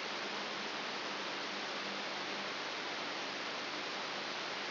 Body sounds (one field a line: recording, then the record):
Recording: brain microelectrode recording played as sound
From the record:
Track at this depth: inside the subthalamic nucleus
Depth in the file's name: 1.505 mm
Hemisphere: left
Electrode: 3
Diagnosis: Parkinson's disease